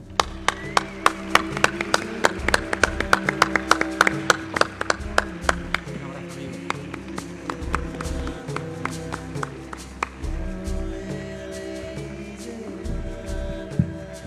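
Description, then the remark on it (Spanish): An audience breaks into applause for Víctor Amela, a dense patter of claps over a low tonal hum, thinning out to scattered claps during the second half. “Víctor Amela, gracias. Un aplauso.”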